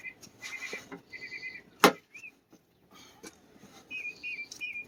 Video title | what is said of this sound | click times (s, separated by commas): General Grievous gets a Jeep ZJ Snorkel | okay hear it snap again | 1.8 s